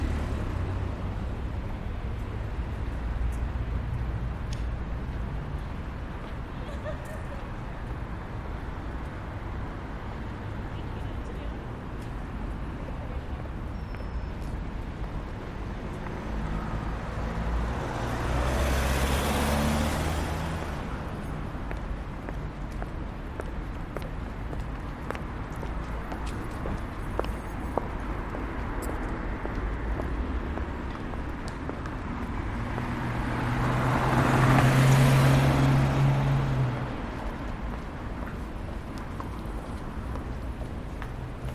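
Street sounds of central London: a steady low traffic rumble runs throughout, with faint voices and small clicks scattered across it. Two vehicles swell up and pass by, one around nineteen seconds and a louder one with a deep engine hum near thirty-five seconds.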